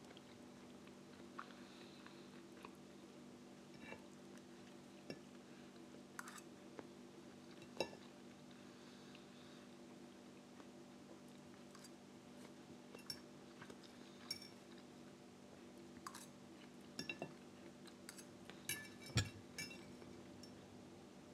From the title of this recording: Dinner time (eating sounds)